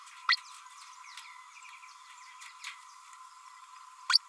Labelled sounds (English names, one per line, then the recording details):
Green-rumped Parrotlet babbling
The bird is a male
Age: 32 days
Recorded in a nest box in Venezuela
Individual 17B32A6